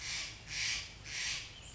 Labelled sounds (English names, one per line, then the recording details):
Steller's Jay
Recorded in Sonoma County, California